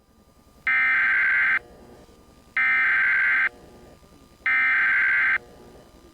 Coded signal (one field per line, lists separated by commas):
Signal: Emergency Alert System (SAME) tones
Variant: header bursts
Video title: 2 Weeklies, 2 Monthies, and 1 ADR (EAS #817-#821)